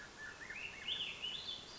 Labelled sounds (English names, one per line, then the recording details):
Swainson's Thrush
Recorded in Sonoma County, California